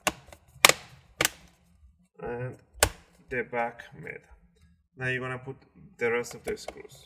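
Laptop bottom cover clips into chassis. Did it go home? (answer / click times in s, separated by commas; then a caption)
yes / 0.1 s, 0.6 s, 1.2 s. A plastic bottom cover of a Dell G3 15 series laptop is pressed down along its sides, front and back middle so its edge clips snap into the chassis. Loud, sharp snaps ring out at 0.1, 0.7 and 1.3 seconds as the clips seat, and then someone talks.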